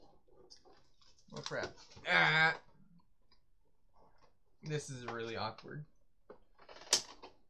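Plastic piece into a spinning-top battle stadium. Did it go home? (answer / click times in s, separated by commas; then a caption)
yes / 6.9 s. A plastic piece of a Hasbro Beyblade Burst "Battle Tower" spinning-top battle stadium, which had not been snapped in all the way, is pushed in again while someone talks. Soft handling clicks come before a loud, sharp snap at 6.9 s, and the piece is then fully seated.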